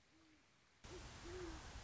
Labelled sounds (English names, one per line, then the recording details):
Great Horned Owl
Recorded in Sonoma County, California